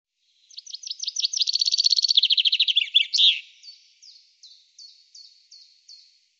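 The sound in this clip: Common chaffinch song: a quickening run of sharp notes swells into a fast rattling trill ending in a flourish, followed by about eight short, down-slurred notes spaced evenly.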